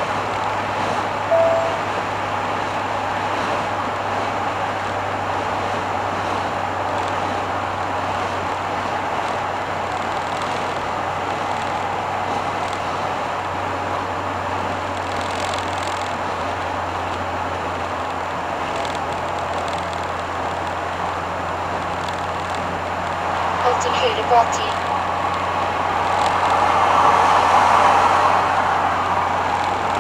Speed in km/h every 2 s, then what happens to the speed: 90, 89, 87, 85, 84, 85, 84, 82, 79, 78, 80, 79, 81, 81, 82.
0-17 slows to 78. 17-30 steady at about 80.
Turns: none.